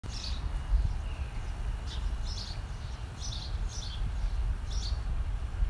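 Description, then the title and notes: Bird giving short high chirps in small clusters, several times over a few seconds, above a steady low rumble. Birds in the trees, heard live from a patio while reading outdoors; Los Angeles, California, USA, 30 April 2020, 11:30, during COVID-19. "30/4/20, 11:30, Los Ángeles, CA. Estaba leyendo afuera en mi patio, disfrutando de los sonidos de los pájaros en los árboles."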